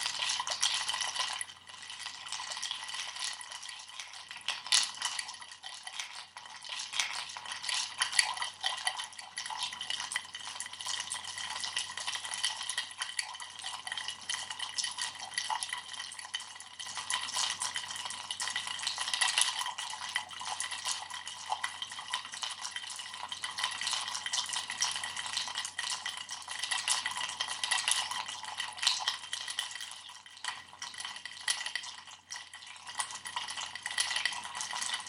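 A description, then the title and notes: Ice rattles and clinks against a glass in a steady, dense jangle of bright little knocks, with a faint low hum underneath throughout. Live multiple channel recordings without additions or enhancements. Record the sound of ice in a glass.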